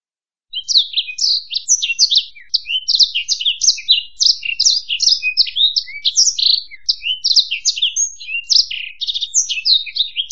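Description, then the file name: Black-throated canary song starting after a short silence: rapid, energetic high-pitched twittering with mixed chirps, slurs and buzzy notes running without pause. "suara burung blackthroat"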